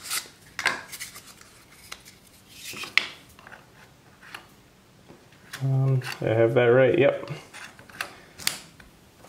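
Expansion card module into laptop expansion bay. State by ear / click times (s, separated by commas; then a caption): seated / 8.5 s. A USB expansion card module is pushed into an expansion bay slot on a Framework 13 DIY Edition laptop chassis, with scattered handling rustles and taps before it while someone talks. It latches with a sharp, clear click at 8.5 s, seated in its bay.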